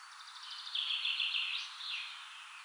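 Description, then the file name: Common chaffinch song: a softer descending trilled phrase with a closing flourish, against steady background hiss. "Fringilla coelebs"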